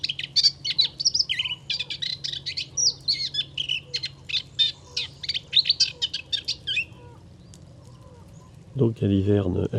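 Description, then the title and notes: Moustached warbler delivering a long rapid song of chattering, ticking and whistled notes for about seven seconds, a pause, then a short low rasping noise. Singing in a reedbed, Camargue, 23 March 2019; no wind; bird hard to see in the reeds; recorded with a parabolic reflector, MKH 8020 microphone and MixPre-3. "La Lusciniole à moustaches. 23 mars 2019. Chemin de Fangassier. Camargue. une magnifique roselière où chante une Lusciniole à moustaches (Acrocephalus melanopogon). Pas un souffle de vent"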